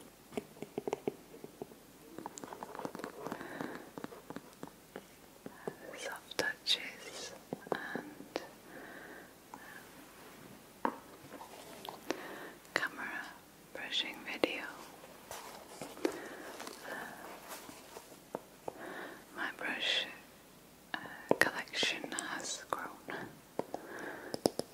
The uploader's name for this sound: Face brushing with slow whispers